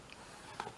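A small shelf piece is slid into the slot on a UV lamp housing and seats with a short, sharp sound at 0.6 s. The shelf ends up slotted into place in the lamp base.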